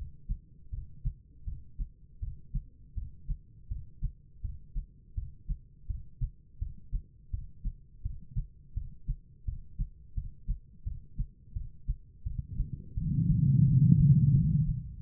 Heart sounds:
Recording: heart sounds by stethoscope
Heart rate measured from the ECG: 84 bpm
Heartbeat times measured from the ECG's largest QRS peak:
0.70 s: heartbeat
1.45 s: heartbeat
2.20 s: heartbeat
2.95 s: heartbeat
3.68 s: heartbeat
4.42 s: heartbeat
5.15 s: heartbeat
5.87 s: heartbeat
6.59 s: heartbeat
7.31 s: heartbeat
8.02 s: heartbeat
8.74 s: heartbeat
9.45 s: heartbeat
10.14 s: heartbeat
10.84 s: heartbeat
11.53 s: heartbeat
12.24 s: heartbeat
12.95 s: heartbeat
13.64 s: heartbeat
14.32 s: heartbeat
14.98 s: heartbeat
From the record:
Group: healthy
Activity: breath hold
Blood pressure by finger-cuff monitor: 119/77 mmHg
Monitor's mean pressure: 97 mmHg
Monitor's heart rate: 82 bpm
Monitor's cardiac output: 6.1 L/min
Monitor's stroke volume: 75 mL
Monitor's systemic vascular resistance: 1170 dyn s/cm5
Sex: female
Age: 51 years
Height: 162 cm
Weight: 70.04 kg

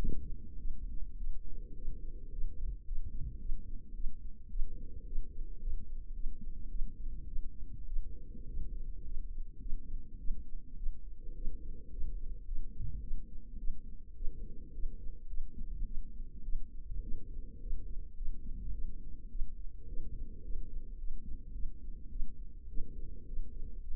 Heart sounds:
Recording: heart sounds by microphone in the left ear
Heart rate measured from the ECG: 106 bpm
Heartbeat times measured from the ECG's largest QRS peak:
0.59 s: heartbeat
1.18 s: heartbeat
1.76 s: heartbeat
2.32 s: heartbeat
2.86 s: heartbeat
3.40 s: heartbeat
3.95 s: heartbeat
4.50 s: heartbeat
5.06 s: heartbeat
5.61 s: heartbeat
6.14 s: heartbeat
6.70 s: heartbeat
7.27 s: heartbeat
7.87 s: heartbeat
8.47 s: heartbeat
9.05 s: heartbeat
9.60 s: heartbeat
10.19 s: heartbeat
10.77 s: heartbeat
11.36 s: heartbeat
11.91 s: heartbeat
12.46 s: heartbeat
13.01 s: heartbeat
13.58 s: heartbeat
14.15 s: heartbeat
14.73 s: heartbeat
15.28 s: heartbeat
15.85 s: heartbeat
16.43 s: heartbeat
17.02 s: heartbeat
17.61 s: heartbeat
18.16 s: heartbeat
18.72 s: heartbeat
19.30 s: heartbeat
19.88 s: heartbeat
20.43 s: heartbeat
20.98 s: heartbeat
21.53 s: heartbeat
22.10 s: heartbeat
22.68 s: heartbeat
23.26 s: heartbeat
23.81 s: heartbeat
From the record:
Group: healthy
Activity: rest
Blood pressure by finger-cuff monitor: 109/57 mmHg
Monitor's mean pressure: 72 mmHg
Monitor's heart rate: 106 bpm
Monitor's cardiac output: 9.6 L/min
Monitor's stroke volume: 91 mL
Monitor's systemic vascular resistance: 530 dyn s/cm5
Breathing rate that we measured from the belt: 20 breaths a minute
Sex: female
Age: 22 years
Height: 163 cm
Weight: 67.1 kg

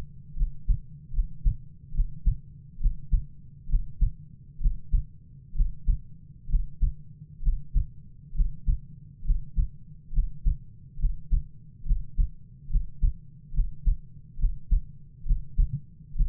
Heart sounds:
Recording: heart sounds by stethoscope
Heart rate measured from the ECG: 68 bpm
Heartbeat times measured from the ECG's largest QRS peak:
0.35 s: heartbeat
1.11 s: heartbeat
1.92 s: heartbeat
2.79 s: heartbeat
3.67 s: heartbeat
4.59 s: heartbeat
5.53 s: heartbeat
6.47 s: heartbeat
7.41 s: heartbeat
8.33 s: heartbeat
9.23 s: heartbeat
10.11 s: heartbeat
10.97 s: heartbeat
11.84 s: heartbeat
12.68 s: heartbeat
13.52 s: heartbeat
14.37 s: heartbeat
15.24 s: heartbeat
16.14 s: heartbeat
From the record:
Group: healthy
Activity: Valsalva maneuver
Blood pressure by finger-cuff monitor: 97/53 mmHg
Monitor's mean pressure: 61 mmHg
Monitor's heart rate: 67 bpm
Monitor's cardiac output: 7.2 L/min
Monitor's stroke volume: 106 mL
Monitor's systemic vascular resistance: 580 dyn s/cm5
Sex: male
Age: 22 years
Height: 185 cm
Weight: 112.4 kg

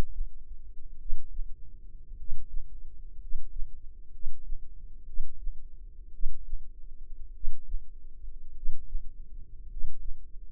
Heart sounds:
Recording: heart sounds by microphone in the left ear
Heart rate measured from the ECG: 55 bpm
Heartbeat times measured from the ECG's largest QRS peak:
0.96 s: heartbeat
2.14 s: heartbeat
3.16 s: heartbeat
4.09 s: heartbeat
5.03 s: heartbeat
6.10 s: heartbeat
7.31 s: heartbeat
8.52 s: heartbeat
9.65 s: heartbeat
From the record:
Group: healthy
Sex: male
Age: 25 years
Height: 170 cm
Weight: 70.4 kg

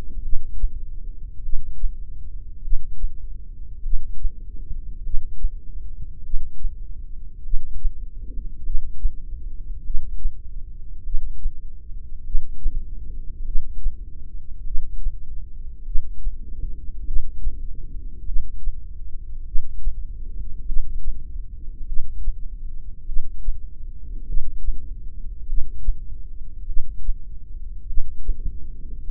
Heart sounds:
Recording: heart sounds by microphone in the left ear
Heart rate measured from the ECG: 50 bpm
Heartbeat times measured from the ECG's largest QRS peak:
0.24 s: heartbeat
1.44 s: heartbeat
2.64 s: heartbeat
3.84 s: heartbeat
5.05 s: heartbeat
6.25 s: heartbeat
7.45 s: heartbeat
8.65 s: heartbeat
9.86 s: heartbeat
11.06 s: heartbeat
12.26 s: heartbeat
13.46 s: heartbeat
14.66 s: heartbeat
15.87 s: heartbeat
17.07 s: heartbeat
18.27 s: heartbeat
19.47 s: heartbeat
20.68 s: heartbeat
21.88 s: heartbeat
23.08 s: heartbeat
24.28 s: heartbeat
25.49 s: heartbeat
26.68 s: heartbeat
27.89 s: heartbeat
29.09 s: heartbeat
From the record:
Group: heart failure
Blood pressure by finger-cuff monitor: 116/63 mmHg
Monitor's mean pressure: 82 mmHg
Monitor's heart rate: 50 bpm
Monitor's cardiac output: 4.5 L/min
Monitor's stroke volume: 90 mL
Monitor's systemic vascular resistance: 1350 dyn s/cm5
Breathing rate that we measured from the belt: 15 breaths a minute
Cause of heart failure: cardiac sarcoid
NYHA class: 1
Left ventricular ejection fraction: 39%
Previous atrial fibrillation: present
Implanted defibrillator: present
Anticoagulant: apixaban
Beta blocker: carvedilol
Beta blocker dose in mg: 50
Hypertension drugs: ramipril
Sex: male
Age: 79 years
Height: 184 cm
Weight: 92.5 kg

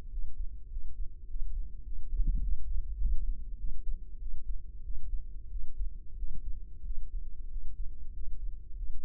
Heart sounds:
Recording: heart sounds by microphone in the left ear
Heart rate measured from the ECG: 97 bpm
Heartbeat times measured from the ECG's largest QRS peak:
0.12 s: heartbeat
0.71 s: heartbeat
1.29 s: heartbeat
1.86 s: heartbeat
2.42 s: heartbeat
3.00 s: heartbeat
3.59 s: heartbeat
4.21 s: heartbeat
4.85 s: heartbeat
5.51 s: heartbeat
6.18 s: heartbeat
6.85 s: heartbeat
7.51 s: heartbeat
8.15 s: heartbeat
8.78 s: heartbeat
From the record:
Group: healthy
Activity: cold pressor test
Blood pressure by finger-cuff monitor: 143/94 mmHg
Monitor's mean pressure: 111 mmHg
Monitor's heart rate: 99 bpm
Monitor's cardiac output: 7.4 L/min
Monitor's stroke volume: 74 mL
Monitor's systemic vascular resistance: 1150 dyn s/cm5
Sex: male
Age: 21 years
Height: 175 cm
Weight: 72.6 kg

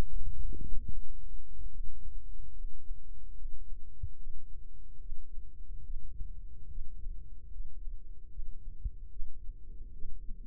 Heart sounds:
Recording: heart sounds by microphone in the left ear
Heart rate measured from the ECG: 73 bpm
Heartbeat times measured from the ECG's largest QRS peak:
0.07 s: heartbeat
0.88 s: heartbeat
1.71 s: heartbeat
2.55 s: heartbeat
3.36 s: heartbeat
4.18 s: heartbeat
5.00 s: heartbeat
5.84 s: heartbeat
6.69 s: heartbeat
7.51 s: heartbeat
8.30 s: heartbeat
9.11 s: heartbeat
9.93 s: heartbeat
From the record:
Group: healthy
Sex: male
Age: 55 years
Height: 167 cm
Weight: 57.2 kg

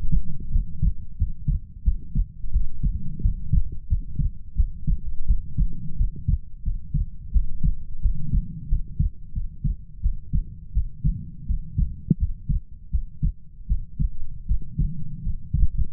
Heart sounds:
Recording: heart sounds by stethoscope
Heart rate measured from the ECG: 86 bpm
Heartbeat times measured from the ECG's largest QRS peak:
0.51 s: heartbeat
1.17 s: heartbeat
1.83 s: heartbeat
2.51 s: heartbeat
3.21 s: heartbeat
3.87 s: heartbeat
4.55 s: heartbeat
5.26 s: heartbeat
5.96 s: heartbeat
6.63 s: heartbeat
7.31 s: heartbeat
8.01 s: heartbeat
8.68 s: heartbeat
9.33 s: heartbeat
10.01 s: heartbeat
10.72 s: heartbeat
11.46 s: heartbeat
12.17 s: heartbeat
12.90 s: heartbeat
13.67 s: heartbeat
14.46 s: heartbeat
15.22 s: heartbeat
15.91 s: heartbeat
From the record:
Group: healthy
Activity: rest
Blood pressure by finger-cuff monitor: 96/59 mmHg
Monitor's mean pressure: 73 mmHg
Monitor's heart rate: 86 bpm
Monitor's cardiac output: 7.8 L/min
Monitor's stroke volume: 89 mL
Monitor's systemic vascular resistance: 680 dyn s/cm5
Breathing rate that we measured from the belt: 22 breaths a minute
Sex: female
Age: 19 years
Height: 163 cm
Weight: 48.9 kg

